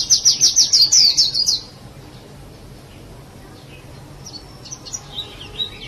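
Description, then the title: Java sparrow giving a quick burst of high, clipped chirps for over a second, then quiet, with a few faint chirps returning near the end. "kicau gelatik"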